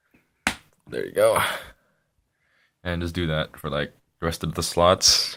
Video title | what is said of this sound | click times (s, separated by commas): Noob pc build tutorial | you should hear click there | 0.5 s